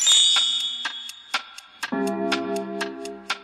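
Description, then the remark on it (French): A clock ticks in a steady, even rhythm while a bright chime rings out at first, then a single deep bell stroke sounds as the clock strikes one o'clock and hums on beneath the continuing ticks. “L'horloge sonna une heure, et Moïse en sortit avec ses tablettes.”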